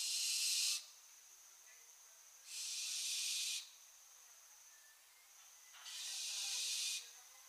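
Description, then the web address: Barn owl giving drawn-out harsh hisses, three rasping bursts about two seconds apart. "Schleiereule - Schleiereule - Tyto alba"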